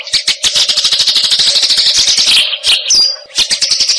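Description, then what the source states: Eurasian tree sparrow song: a fast stream of sharp chirps, then a brief pause and further notes, with a low hum. Masteran recording, used as a training song for fighting sparrows (gereja tarung).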